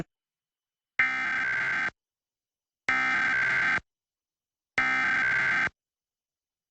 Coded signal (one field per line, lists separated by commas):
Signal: Emergency Alert System (SAME) tones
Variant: header bursts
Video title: 2023 National EAS Test